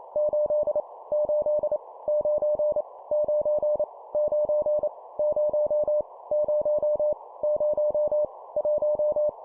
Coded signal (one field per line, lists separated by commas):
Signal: Morse code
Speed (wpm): 28 wpm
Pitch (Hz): 600 Hz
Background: none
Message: 8 8 9 9 9 0 0 0 1